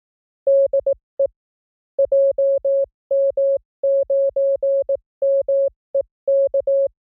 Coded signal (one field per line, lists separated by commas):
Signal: Morse code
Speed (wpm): 18 wpm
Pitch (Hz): 550 Hz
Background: none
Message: DE JM9MEK